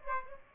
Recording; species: mosquito wingbeat signal from an infrared sensor; Aedes aegypti